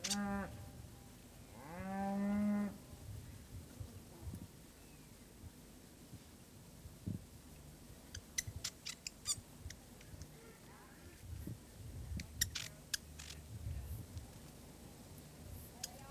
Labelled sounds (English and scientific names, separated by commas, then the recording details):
New Zealand Fantail (Rhipidura fuliginosa)
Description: Fantail: North Island fantail song
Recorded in New Zealand